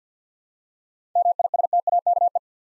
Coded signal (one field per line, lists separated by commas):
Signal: Morse code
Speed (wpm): 47 wpm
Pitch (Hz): 700 Hz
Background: none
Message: MISTAKE